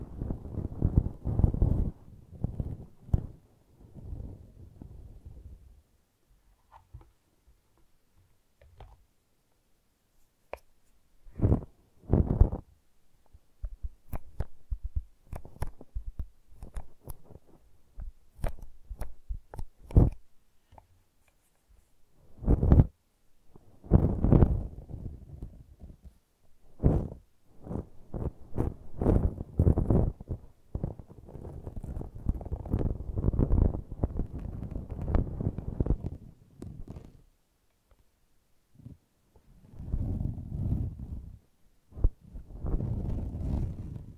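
Close-up brushing and scratching in bursts of quick, dry strokes, mostly low and soft with occasional brighter scrapes. Dense runs of rapid strokes alternate with quiet pauses, especially near 6–11 and 20–22 seconds, in a quiet, small-sounding space.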